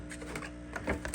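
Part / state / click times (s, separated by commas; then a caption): plastic cover onto seed starting tray / not seated / none. A plastic humidity cover is pressed onto a seed starting tray, making a few faint, brief plastic taps and rubs around 0.4, 0.8, 0.9, 1.0 and 1.1 s over a low steady hum. The cover does not snap or click into place; it just sits on top of the tray.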